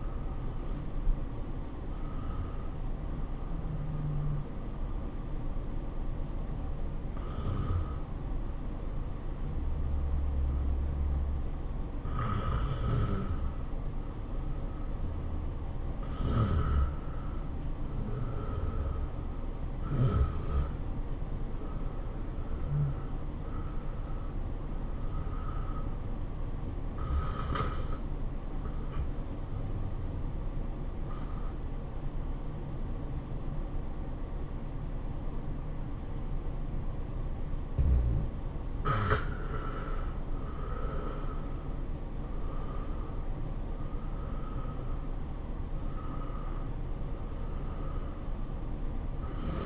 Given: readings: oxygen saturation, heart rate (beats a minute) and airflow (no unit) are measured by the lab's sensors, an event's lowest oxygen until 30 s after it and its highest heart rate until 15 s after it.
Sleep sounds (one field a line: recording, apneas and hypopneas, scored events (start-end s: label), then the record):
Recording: breathing in sleep by a smartphone at the bedside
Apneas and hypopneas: 2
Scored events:
7.00-20.00 s: hypopnea (N1, oxygen 94% highest, then 85% lowest, heart rate 103 at the start, 103 highest)
26.00-38.70 s: hypopnea (N1, oxygen 95% highest, then 85% lowest, heart rate 103 at the start, 103 highest)
From the record:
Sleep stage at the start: N1 (lightest sleep)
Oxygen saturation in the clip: 85 to 95%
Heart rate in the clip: 92 to 107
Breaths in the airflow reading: 10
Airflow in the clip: -10.0 to 8.2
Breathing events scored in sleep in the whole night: 403 in 5.5 hours asleep